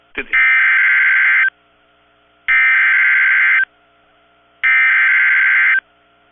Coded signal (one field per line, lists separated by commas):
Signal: Emergency Alert System (SAME) tones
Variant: header bursts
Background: speech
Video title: EAS 1853-1859 (5/21/22)